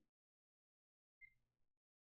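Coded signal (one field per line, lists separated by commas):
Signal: beep code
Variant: ASUS motherboard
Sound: one short high beep amid near silence, followed by a faint low rumble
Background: faint room noise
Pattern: 1 short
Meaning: A single short POST beep means the self-test passed normally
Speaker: So, we should get a post. Now, I'm on onboard. Um, one beep. We have picture.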